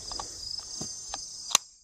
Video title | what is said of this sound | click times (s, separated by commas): #36 BANKLINE & BLUEBERRIES : 4-WHEELER RECCE with GEAR , | Snaps right in, and it doesn't move around on the bike, so very important. | 1.6 s